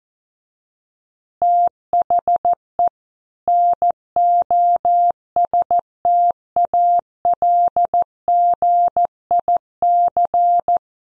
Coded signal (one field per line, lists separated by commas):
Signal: Morse code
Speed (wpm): 14 wpm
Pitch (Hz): 700 Hz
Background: none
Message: THE NOSTALGIC